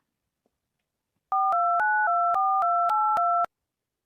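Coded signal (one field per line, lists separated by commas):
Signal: DTMF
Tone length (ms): 280 ms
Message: 42924282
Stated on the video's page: Fictional EAS scenario.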